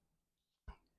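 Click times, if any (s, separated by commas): 0.7 s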